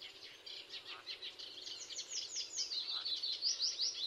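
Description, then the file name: Eurasian blackcap giving rapid, high chattering warbles that build steadily, ending in several clearer, sharper notes. "Sylvia atricapilla"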